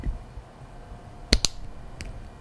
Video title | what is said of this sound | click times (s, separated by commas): Andy Crimp Pro Preview | until it clicks listen to this | 1.3 s, 1.4 s